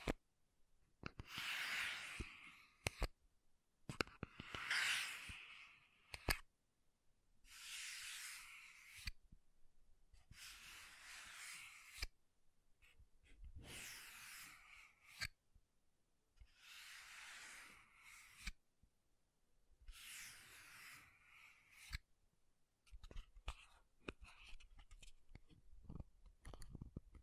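Makeup tapping and scratching: bursts of bright, hissy scratching last a second or two each, separated by short pauses, about every two to three seconds. Sharp taps and clicks punctuate the gaps, and a denser run of small clicks fills the last few seconds.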